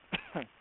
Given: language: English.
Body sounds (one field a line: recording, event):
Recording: throat vibration sensor signal played as sound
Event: cough